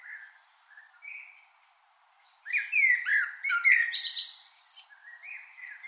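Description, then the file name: Common blackbird with a few soft piping notes, then a rich, fast warbling phrase of fluted whistles and high squeaky flourishes. "Turdus merula"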